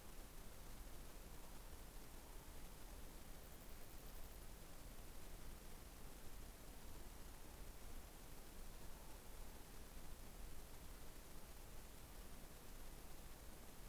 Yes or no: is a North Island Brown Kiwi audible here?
no